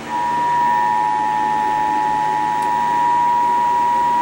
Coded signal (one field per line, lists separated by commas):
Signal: Emergency Alert System (SAME) tones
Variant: 853 and 960 Hz attention tone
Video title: EAS 2,000 | EAS Alerts From 5/7/2023 (EAS #1,989-2,040)